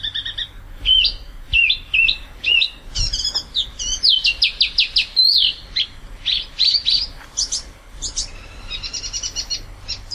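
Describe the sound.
Spot-throated babbler singing a varied, rapid series of sweet whistles and clipped chirps, phrases tumbling over each other with barely a break, low background hum.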